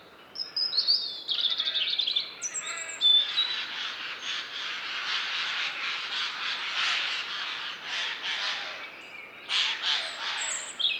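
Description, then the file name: Eurasian jay producing a long series of rough, rasping screeches, nearly continuous for several seconds, with thin whistled notes from other birds early and late. "Garrulus glandarius"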